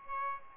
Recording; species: mosquito wingbeat signal from an infrared sensor; Aedes albopictus